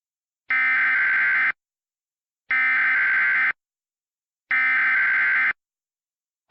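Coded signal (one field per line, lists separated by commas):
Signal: Emergency Alert System (SAME) tones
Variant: header bursts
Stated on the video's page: Fictional EAS scenario using valid EAS tones.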